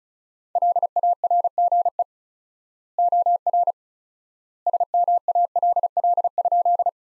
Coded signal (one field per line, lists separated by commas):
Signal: Morse code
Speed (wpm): 34 wpm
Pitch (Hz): 700 Hz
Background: none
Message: LARGE OR SMALL?